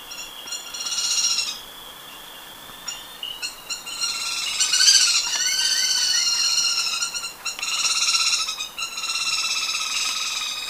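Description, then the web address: Grass-green tanager producing repeated bursts of harsh, rapid chattering notes, with some quick rising-and-falling notes in between. Ecuador. "Natures Songs S America Birds of Ecuador Grass-green Tanager"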